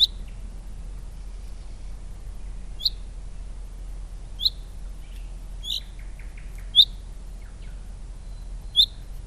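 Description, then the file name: Common chaffinch giving short, sharp, high single call notes at irregular intervals, about six throughout, with faint softer chirps in between and low background rumble. "Fringilla coelebs"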